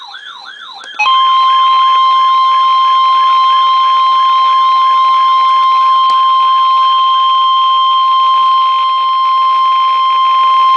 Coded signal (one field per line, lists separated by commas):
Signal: Emergency Alert System (SAME) tones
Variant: 1050 Hz attention tone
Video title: SANDY: Triple-Header Flood Warning for 3 Areas Along the Brandywine Creek {EAS #1038-1040}